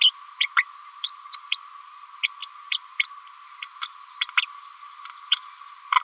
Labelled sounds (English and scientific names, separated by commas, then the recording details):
Green-rumped Parrotlet (Forpus passerinus) babbling
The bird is a female
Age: 30 days
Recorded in a nest box in Venezuela
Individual 17B102A6